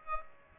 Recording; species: mosquito wingbeat signal from an infrared sensor; Aedes aegypti